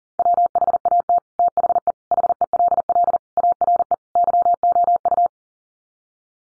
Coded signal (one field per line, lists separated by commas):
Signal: Morse code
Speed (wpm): 37 wpm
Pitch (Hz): 700 Hz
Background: none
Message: WHAT THE HELL ARE YOU